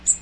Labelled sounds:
Magnolia Warbler (Setophaga magnolia) flight call

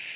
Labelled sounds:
Kentucky Warbler (Geothlypis formosa) flight call

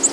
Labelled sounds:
Black-throated Green Warbler (Setophaga virens) flight call

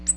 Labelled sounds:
Ovenbird (Seiurus aurocapilla) flight call

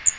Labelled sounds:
Magnolia Warbler (Setophaga magnolia) flight call

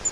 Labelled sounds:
Grace's Warbler (Setophaga graciae) flight call

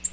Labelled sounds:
Nashville Warbler (Leiothlypis ruficapilla) flight call

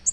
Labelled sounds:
Nashville Warbler (Leiothlypis ruficapilla) flight call

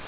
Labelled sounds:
Grace's Warbler (Setophaga graciae) flight call

